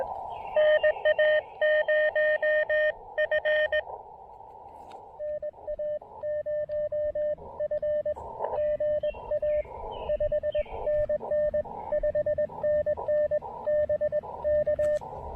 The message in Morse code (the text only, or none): NA0F NA0F GA 5NN 5NN BK